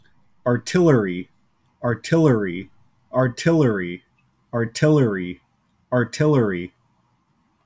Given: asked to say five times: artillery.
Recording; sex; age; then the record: repeated word; male; 20 to 29 years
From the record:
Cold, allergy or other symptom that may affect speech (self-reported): no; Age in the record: 27 years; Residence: Washington, United States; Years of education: 20